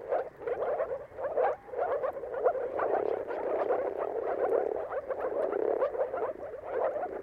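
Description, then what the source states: Moor frogs chorusing, many soft gurgling calls overlapping into a continuous bubbling hum. Moor frogs in a mating chorus at sunrise, heard at the turn of March and April depending on the weather.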